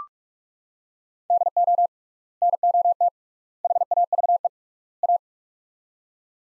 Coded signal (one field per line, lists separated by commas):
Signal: Morse code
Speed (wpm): 43 wpm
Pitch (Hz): 700 Hz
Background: none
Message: DO NOT HAVE A